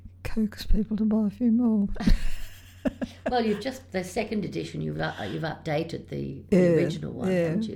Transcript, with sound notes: coax people to buy a few more [laughs]
Well you’ve just — the second edition you’ve updated the original one haven’t you?